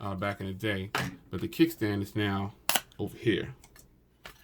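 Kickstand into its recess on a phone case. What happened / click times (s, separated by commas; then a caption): The kickstand is handled but not yet seated / none. Someone talks while handling the plastic kickstand on a rugged Unicorn Beetle Pro phone case for an iPhone 11R, moving it toward its recess. A few short, faint ticks of handling are heard near the end, but the kickstand has not yet snapped into place or seated.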